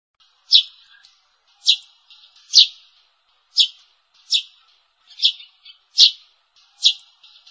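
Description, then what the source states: Sparrow chirping, eight clear notes each followed by softer trailing sounds, repeated at a fairly even pace. Lure call.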